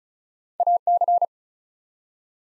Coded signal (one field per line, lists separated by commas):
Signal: Morse code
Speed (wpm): 36 wpm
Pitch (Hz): 700 Hz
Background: none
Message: AC